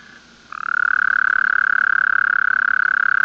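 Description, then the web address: Toad breaking into a sustained trill: quick, regular pulses at one unchanging pitch, continuing steadily to the end. "Bufonidae"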